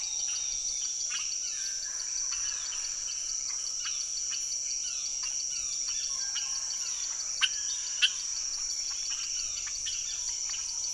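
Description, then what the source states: Many amphibians produce short tapping clicks and chirps in an uneven stream, with a persistent shrill insect drone behind them. Hundreds to thousands of amphibians calling from the ground as rain approaches, Saül, French Guiana, 16 November 2006; Nagra Ares BB+ recorder, cardioid MKH40 microphones.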